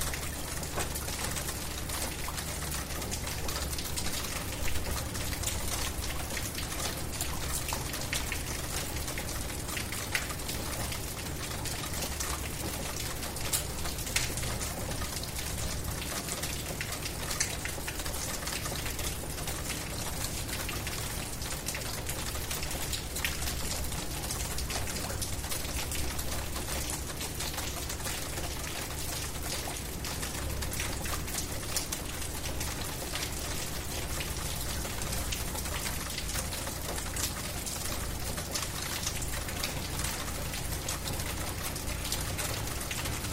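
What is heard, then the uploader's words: Steady rain falls throughout, a dense, even hiss filled with countless fine drops and frequent brighter taps on a surface. A low, constant rumble sits underneath, and the level barely changes over the whole stretch, with only a few slightly sharper drips standing out. Peaceful Rain Sound. Rain ambience.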